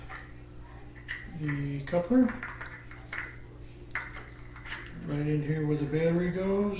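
Someone talks while handling the DC coupler (dummy battery) of an AC power adapter kit at the battery compartment of a Panasonic G85 mirrorless camera. Brief sharp taps of handling sound come around 1.1, 3.1 and 3.9 seconds. Nothing has seated or clicked into place yet.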